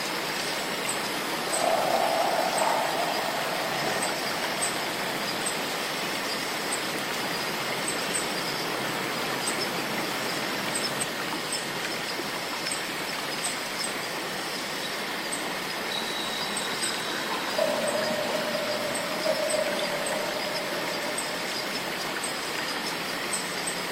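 Cicadas hum in a steady, dense wash with a fine rapid ticking up high, while brief tonal calls rise around two and eighteen seconds.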